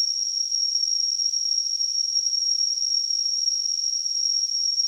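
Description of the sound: A steady, unbroken high-pitched whistle, around 6 kHz, sits over a soft hiss for about five seconds with no change in pitch or loudness. This is a simulated tinnitus sound, imitating the constant ringing heard in the ears without any outside source.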